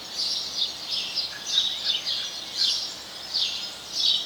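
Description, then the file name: House sparrow chirps, short bright notes repeated less than a second apart over a steady background hiss. "Passer domesticus"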